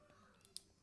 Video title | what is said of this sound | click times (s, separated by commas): What are Deutsch connectors? | it clicks and then I always give it a good tug that's good | 0.6 s